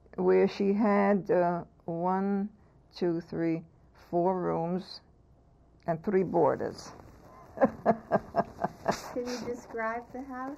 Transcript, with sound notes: where she had one, two, three, four rooms and three boarders. [Laughs]
Can you describe the house?